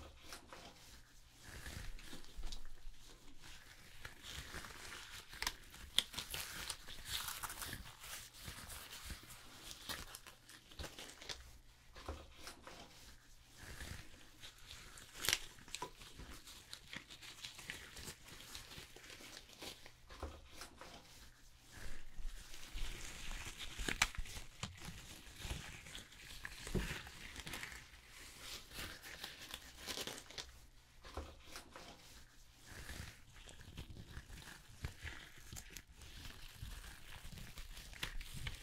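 Salon sounds fill an indoor room. Soft rustling and crinkling run through the whole clip in dense, uneven bursts, with a few sharper snips and scrapes near six and twenty-four seconds. A low steady hum sits underneath, and faint voices come and go.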